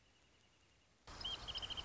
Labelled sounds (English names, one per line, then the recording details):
Wrentit
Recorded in Sonoma County, California